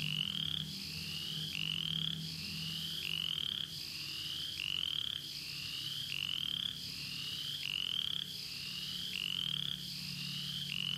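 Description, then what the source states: Upland chorus frog calling, a rapid creaky rising trill repeated in a steady series, with a low hum beneath. Florida, found only along the Apalachicola River in bottomland habitats; call resembles the southern chorus frog's but much more rapid.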